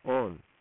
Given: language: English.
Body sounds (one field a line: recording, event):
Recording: throat vibration sensor signal played as sound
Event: speech